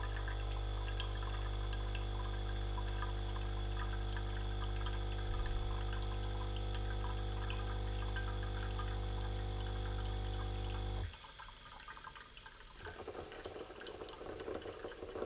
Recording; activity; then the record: daily activity, microphone in the room; make coffee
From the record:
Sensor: 4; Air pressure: 992.6 hPa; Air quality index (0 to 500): 142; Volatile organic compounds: 77 ppm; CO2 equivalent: 3580 ppm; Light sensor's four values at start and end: 17/60/22/23 and 17/60/22/23